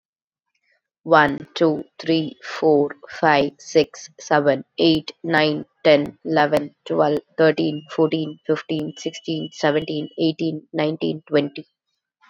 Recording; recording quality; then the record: counting at a fast pace; moderate, slight background noise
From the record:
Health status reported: COVID-19 positive, mild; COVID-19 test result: positive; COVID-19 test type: RT-PCR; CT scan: not taken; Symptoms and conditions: cough, cold, fever, fatigue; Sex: female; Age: 33 years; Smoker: no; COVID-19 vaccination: both doses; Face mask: not worn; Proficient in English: yes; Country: India